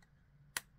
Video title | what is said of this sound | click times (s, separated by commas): Waterman Expert Fountain Pen Review | on that little click there | 0.6 s